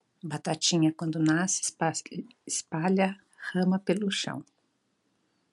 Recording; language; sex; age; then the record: short text; Brazilian Portuguese; female; 60 to 69 years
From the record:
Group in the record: control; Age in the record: 60 years